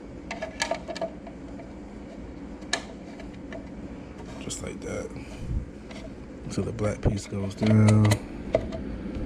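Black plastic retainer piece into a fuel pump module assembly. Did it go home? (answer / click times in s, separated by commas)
yes / 8.5 s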